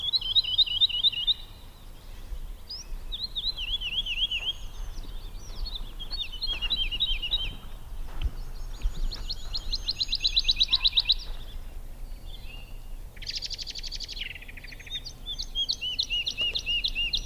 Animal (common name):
Wood Lark